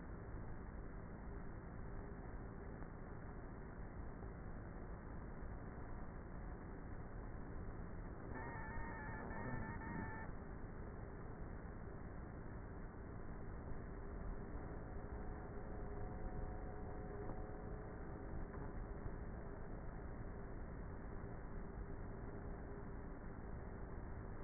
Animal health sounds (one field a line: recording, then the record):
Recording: honeybee colony, microphone inside the hive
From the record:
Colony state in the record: queenless with a low population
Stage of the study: before two queens were removed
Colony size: about 30,000 bees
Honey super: no